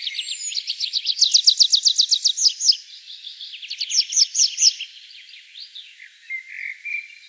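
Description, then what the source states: Tree pipit song: a fast run of repeated high notes, then a second shorter trill and a few thin drawn-out notes. Recorded 4 July 2013.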